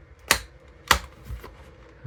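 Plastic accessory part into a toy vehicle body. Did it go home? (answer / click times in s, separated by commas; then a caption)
yes / 0.3 s, 0.9 s. Plastic accessory parts are pressed onto a G.I. Joe Classified VAMP toy vehicle body during assembly. Two sharp plastic snaps ring out at 0.3 s and 0.9 s, followed by a few softer knocks. Both parts seat firmly in place.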